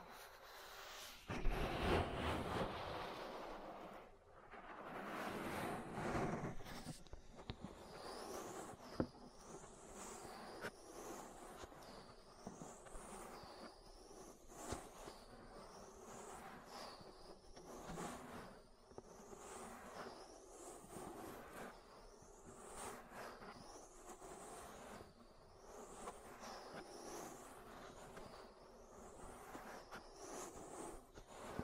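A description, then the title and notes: An ear massage with dense rubbing and rustling, loudest in heavy bursts during the first few seconds. After that, a steady rhythm of rubbing strokes repeats about every two seconds, each with a short rising-and-falling whoosh on top, over a soft low rumble. ASMR Relaxing Ear Massage. (No Talking).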